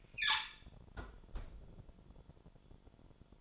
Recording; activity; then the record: daily activity, microphone in the room; close fridge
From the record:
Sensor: 5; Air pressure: 1007.9 hPa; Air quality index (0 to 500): 90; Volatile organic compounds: 1 ppm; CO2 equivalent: 712 ppm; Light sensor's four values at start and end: 41/93/39/40 and 39/91/38/39